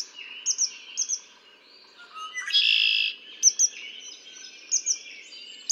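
Red-winged blackbird song: one loud, buzzy trill lasting under a second, set among short doubled high chips that repeat throughout.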